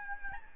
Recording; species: mosquito wingbeat signal from an infrared sensor; Aedes albopictus